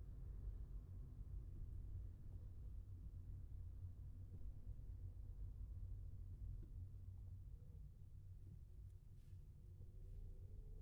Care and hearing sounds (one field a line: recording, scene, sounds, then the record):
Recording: everyday scene through a hearing-aid microphone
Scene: in a vehicle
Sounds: engine, traffic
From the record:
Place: Skoda Fabia, gasoline engine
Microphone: behind the ear, left, front